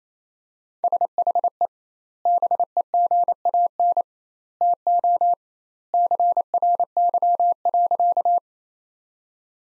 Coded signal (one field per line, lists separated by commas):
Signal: Morse code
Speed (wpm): 27 wpm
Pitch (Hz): 700 Hz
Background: none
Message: SHE BEGAN TO CRY.